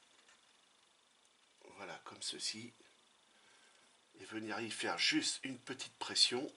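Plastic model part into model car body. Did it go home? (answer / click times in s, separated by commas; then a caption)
no / none. A plastic model part is placed into the back of a plastic Ford GT40 Le Mans 66 model car body and lined up before a light press that will clip it in. Someone talks in two bursts over a faint steady background. Nothing has seated or clicked yet.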